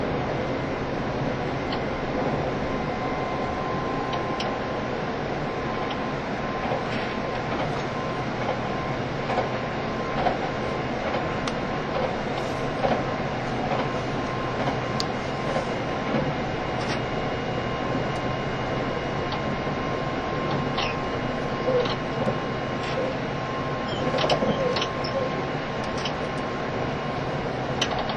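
A JR East E351 series Super Azusa train runs with a steady, dense rumble and hum that holds level for the whole stretch. Faint sustained tones sit above the low roar, and brief clicks and clacks break in irregularly, more often after the midpoint.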